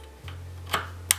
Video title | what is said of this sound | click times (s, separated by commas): Clavier gaming STRAFE de Corsair - Présentation - GinjFo.com | le clip ce a été entendu et il suffit maintenant juste en tenant le clavier de pousser vers soi et | 1.1 s